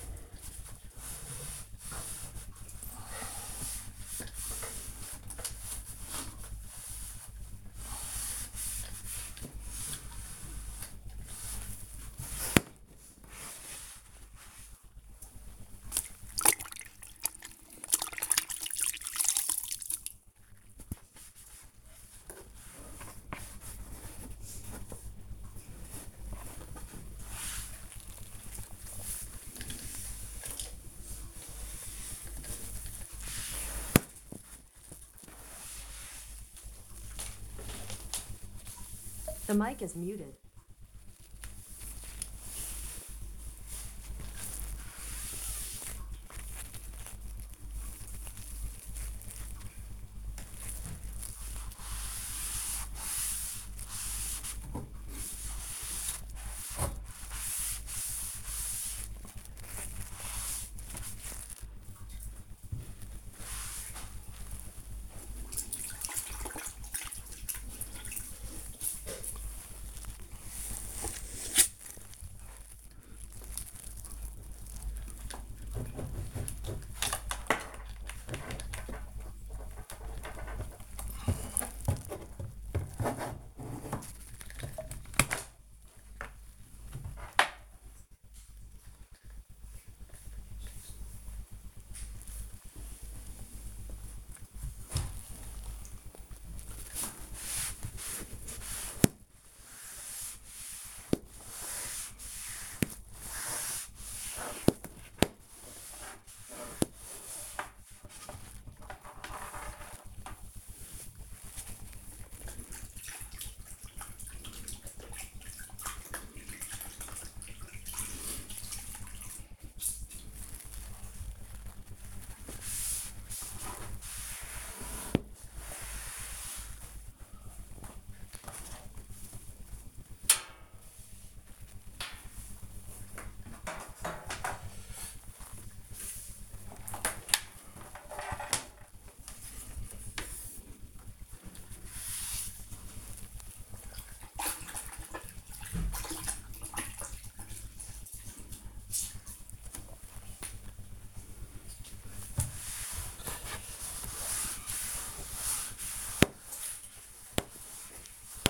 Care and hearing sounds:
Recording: household activities, microphone on the right wrist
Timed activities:
0.00-103.24 s: cleaning the cupboard
49.79 s: note: alexa voice
107.27-158.50 s: cleaning the cupboard

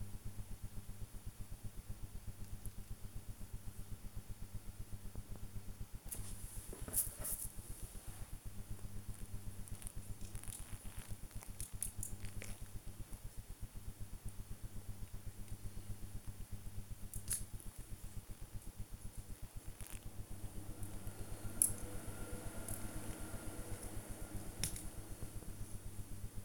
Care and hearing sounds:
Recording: household activities, microphone on the right wrist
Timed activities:
0.00-26.45 s: build with lego

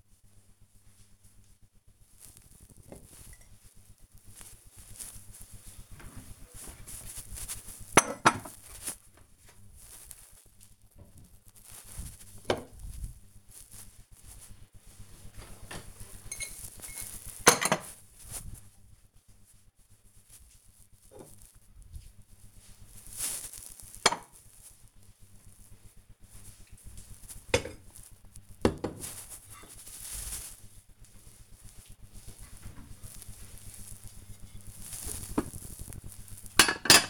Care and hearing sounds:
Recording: household activities, microphone on the right wrist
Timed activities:
0.00-37.09 s: putting away the dishes

